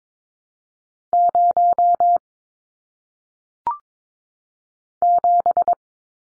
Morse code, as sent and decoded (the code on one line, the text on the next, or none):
----- / --...
0 7